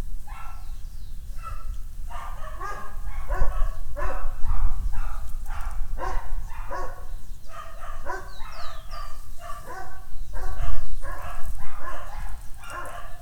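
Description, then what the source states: Dogs barking continuously, with a few high bird chirps and a low rumble underneath. Dogs barking on the Escalera Morrison stairway, Valparaíso; recorded with a Tascam DR-100mk II.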